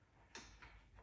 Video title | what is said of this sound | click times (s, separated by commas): Nireeka Homie Electric Bike - Unboxing & Assembly | and it snaps in place pretty well and then you just install the screws that come with it to | 0.3 s